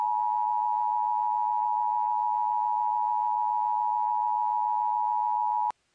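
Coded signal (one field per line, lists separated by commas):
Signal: Emergency Alert System (SAME) tones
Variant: 853 and 960 Hz attention tone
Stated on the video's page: Fictional EAS scenario.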